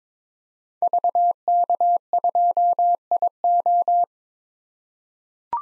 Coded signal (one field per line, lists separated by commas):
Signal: Morse code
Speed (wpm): 22 wpm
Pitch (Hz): 700 Hz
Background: none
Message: VK2IO